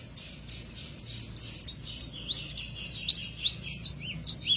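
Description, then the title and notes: Canary song, a fast busy stream of high chirps and short whistled notes, some slurred upward, running without pause over a low background hum. Therapy recording for a canary that has stopped singing; F1 canary. "#18. TERAPI KENARI MACET. Kenari F1"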